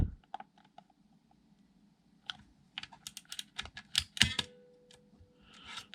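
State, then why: Not seated. The paper leader of 120 roll film is threaded into the slot of the plastic/metal take-up spool of a Lubitel 166 Olympic Version medium-format camera and lined up. Soft ticks and scrapes come first, then a busier run of sharp taps and rustles from about 2.3 to 4.4 seconds, with a steady low hum underneath. The leader fails to catch, so nothing has seated or clicked into place yet.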